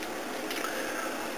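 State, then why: Not seated. During a transformation, the plastic chest section of a small Transformers ROTF Legend Soundwave robot toy is folded down toward the clasp in the toy body that it clips into. Only a steady, quiet hiss with faint handling noise is heard. Nothing has seated or clicked yet.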